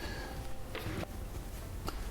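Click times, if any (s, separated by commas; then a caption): 1.9 s. The metal guard on an angle grinder's gear housing is turned by hand to the 45 degree position. A short broadband sound comes at 0.8 s, then a sharp click at 1.9 s as the guard seats in place.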